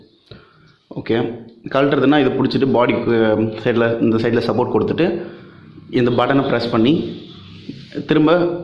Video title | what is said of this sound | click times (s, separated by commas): Canon 200d unboxing in tamil | ஒரு turn பண்ணுங்கள். Lock ஆகிடும். லாக் ஆகிடுச்சு. | 0.3 s